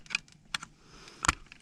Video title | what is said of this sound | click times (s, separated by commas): Mustang LED Interior Lights (2015-) | boom two clicks now | 0.5 s, 1.3 s